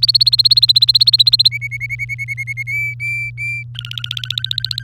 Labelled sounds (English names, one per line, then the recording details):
Domestic Canary song
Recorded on 24 April 2018 at 05:53
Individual llb3